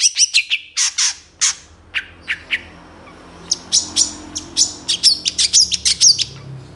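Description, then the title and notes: Long-tailed shrike song of loud, sharp high chirps in uneven bursts, a quieter stretch midway, then rapid varied twittering notes; low rumble in the background. Singing in the morning; clear, varied voice with toet toet notes, described as easy for other birds to imitate. "Cendet Gacor Dor Di Kala Pagi Toet Toet Variasi Suara Jernih Mudah Di Tiru. Burung cendet"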